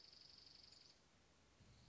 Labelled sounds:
Dark-eyed Junco (Junco hyemalis)
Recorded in Sonoma County, California

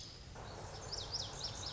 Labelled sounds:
Lazuli Bunting (Passerina amoena)
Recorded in Sonoma County, California

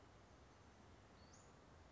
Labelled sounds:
Western Flycatcher (Empidonax difficilis)
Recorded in Sonoma County, California

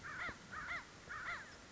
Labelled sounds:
American Crow (Corvus brachyrhynchos)
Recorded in Sonoma County, California

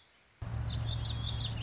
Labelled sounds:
Warbling Vireo (Vireo gilvus)
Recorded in Sonoma County, California

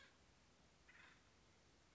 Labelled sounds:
Acorn Woodpecker (Melanerpes formicivorus)
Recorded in Sonoma County, California

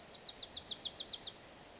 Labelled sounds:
Wilson's Warbler (Cardellina pusilla)
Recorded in Sonoma County, California

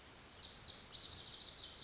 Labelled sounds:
Lazuli Bunting (Passerina amoena)
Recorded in Sonoma County, California

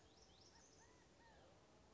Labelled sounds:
California Quail (Callipepla californica)
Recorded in Sonoma County, California

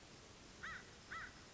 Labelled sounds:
American Crow (Corvus brachyrhynchos)
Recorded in Sonoma County, California

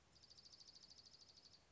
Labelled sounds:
Dark-eyed Junco (Junco hyemalis)
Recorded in Sonoma County, California

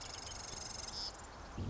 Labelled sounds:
Marsh Wren (Cistothorus palustris)
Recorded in Sonoma County, California

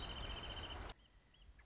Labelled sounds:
Wrentit (Chamaea fasciata)
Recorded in Sonoma County, California

